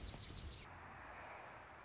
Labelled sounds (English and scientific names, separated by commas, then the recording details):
Anna's Hummingbird (Calypte anna)
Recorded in Sonoma County, California